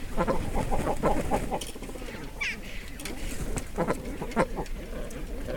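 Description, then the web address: Cormorants croaking and grunting in a group, rapid rough notes several times a second, overlapping harsh calls. Recorded inside the nest, loud, mono, with a DPA 4061 microphone. "Sound Holder - Cormorants animals cormorants inside nest"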